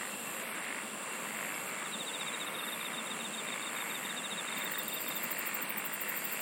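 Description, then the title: Insect chorus: an unbroken shrill hum, a fast ticking trill across the middle, and a very high pulsed trill near the end. "SINGING OF INSECTS"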